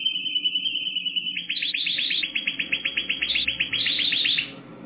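Canary song: a steady high whistled note, then a long rapid trill of repeated chirps with brief higher flourishes, ending abruptly.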